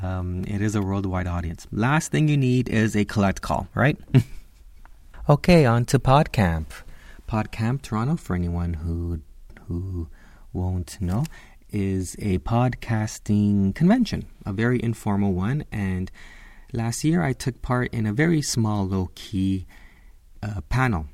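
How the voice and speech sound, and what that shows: An adult who stutters talks in a conversational, informal style. Repeated syllables ("who-who"), stretched sounds such as a drawn-out "m", "n" and "i", and short pauses within phrases break up otherwise fluent speech, typical of mild stuttering.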